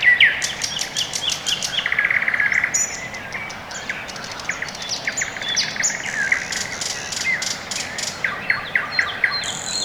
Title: район Орехово-Борисово Северное, Москва, Россия - Morning birds